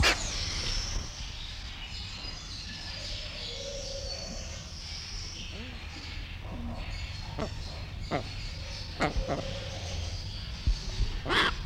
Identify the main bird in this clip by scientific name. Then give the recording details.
Psophia viridis. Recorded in captivity. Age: adult. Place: Zoo Berlin, Berlin, DE. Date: 1994-05-21 12:22. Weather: heiter, 12-16°C. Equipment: Marantz CP 430, Sennheiser ME 80, Kopie Uher Variocord 263. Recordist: Tembrock, Günter. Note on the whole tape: Kurzlaute am Gitter (auf Beobachter bezogen) und dunkle "Luftsack-Laute"